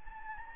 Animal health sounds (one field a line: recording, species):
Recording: mosquito wingbeat signal from an infrared sensor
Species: Anopheles gambiae